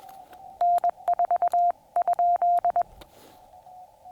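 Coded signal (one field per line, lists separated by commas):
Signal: Morse code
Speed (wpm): 21 wpm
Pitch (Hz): 690 Hz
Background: radio noise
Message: N4?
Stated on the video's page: Morse during combined POTA and SOTA summit activation, on 15 meters and on 144.200 MHz 2 meters.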